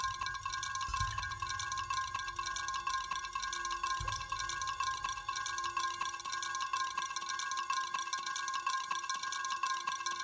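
Droplets fall in a dense, steady patter, many small bright ticks crowding together across the full ten seconds. A sustained ringing tone hums underneath, and low thumps arrive around one and four seconds.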